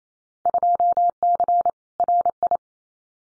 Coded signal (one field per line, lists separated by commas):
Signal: Morse code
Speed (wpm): 28 wpm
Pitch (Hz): 700 Hz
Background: none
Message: 2C RI